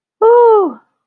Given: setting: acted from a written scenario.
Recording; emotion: vocal sound without words; elation